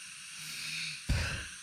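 Snoring during sleep at night: a low, faint rumbling breath builds for about half a second and is cut off by an abrupt, loud snorting rush of air. The air is not held in at all but let out all at once, without deep breathing.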